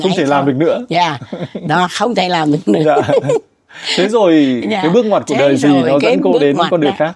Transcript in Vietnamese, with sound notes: Thể làm được nữa.
Không thể làm được nữa [tiếng cười]
Thế rồi cái bước ngoặt của đời thì nó dẫn cô đến con đường khác.